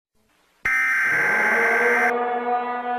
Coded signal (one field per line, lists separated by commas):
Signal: Emergency Alert System (SAME) tones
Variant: header bursts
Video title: An EAS Scenario: Tyrannosaurus Rex Attack